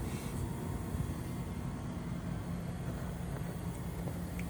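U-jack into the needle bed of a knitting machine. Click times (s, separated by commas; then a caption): 4.4 s. A replacement U-jack is worked into the needle bed of a knitting machine, with the bottom button pushed so the piece can slide under it, over a steady low rumbling background. A short, sharp click at 4.4 s marks the U-jack popping into place, and it is seated.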